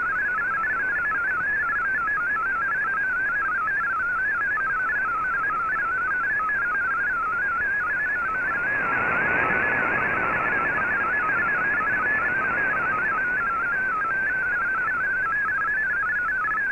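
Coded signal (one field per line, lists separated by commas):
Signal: multi-tone FSK (Olivia or MFSK type)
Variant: MFSK32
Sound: rapid warbling single tone hopping among pitches, continuous, over hissy shortwave static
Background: radio static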